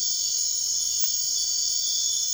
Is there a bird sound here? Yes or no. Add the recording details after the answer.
no. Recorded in dense forest near Puerto Asís, Putumayo, Colombia, on 21 March 2025 at 02:00. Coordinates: 0.499, -76.324. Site GP03